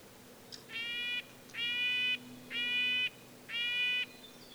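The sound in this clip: Red-breasted nuthatch giving four nasal, horn-like notes roughly one per second against a soft background hum.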